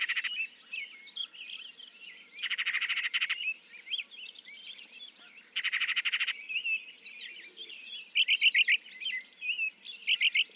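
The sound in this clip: Northern mockingbird singing two harsh buzzy bursts alternating with shorter chirpy phrases, over a constant high background chatter.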